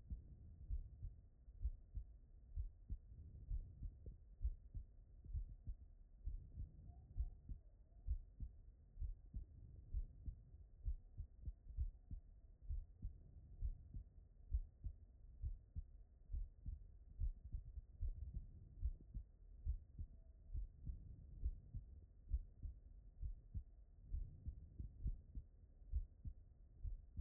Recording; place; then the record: heart sounds by stethoscope; aortic valve (AV)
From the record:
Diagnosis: non-HFrEF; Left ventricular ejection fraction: 65%